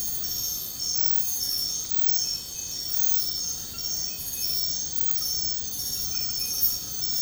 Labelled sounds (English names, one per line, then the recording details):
none
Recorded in secondary vegetation near Puerto Asís, Putumayo, Colombia, on 20 February 2024 at 03:30
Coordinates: 0.468, -76.324
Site G6381